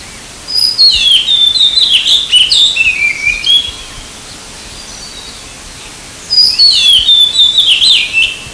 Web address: azure winged magpie call